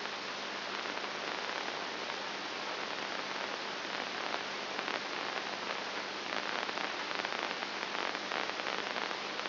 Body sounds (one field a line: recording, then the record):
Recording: brain microelectrode recording played as sound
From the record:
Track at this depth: inside the subthalamic nucleus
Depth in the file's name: 2.701 mm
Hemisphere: right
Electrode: 2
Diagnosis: Parkinson's disease